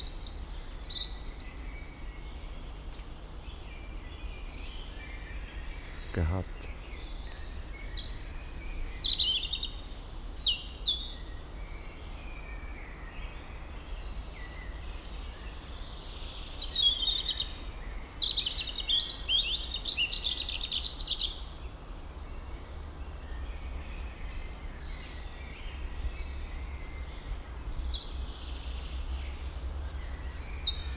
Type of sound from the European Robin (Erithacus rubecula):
song